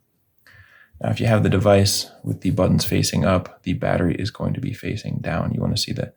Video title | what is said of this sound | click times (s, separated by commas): Audi A4 Key Fob Battery Replacement (2016 - 2022) | make sure that the positive side is facing down and just click that into place right there | 0.5 s